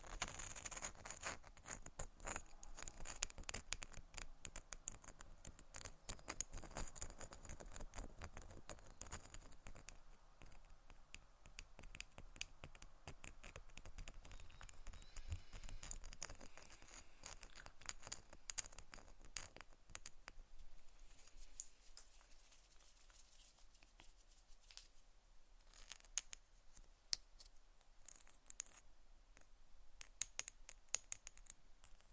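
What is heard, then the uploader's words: Dense tapping and scratching, rapid clicks and scrapes crowding together with a crisp, bright edge. The activity is busiest through the first twenty seconds, then thins into sparser, quieter scratches with occasional sharper bursts near the end. ASMR Tapping and Scratching for Sleep (No Talking).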